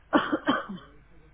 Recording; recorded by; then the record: voluntary cough; telephone call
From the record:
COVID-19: negative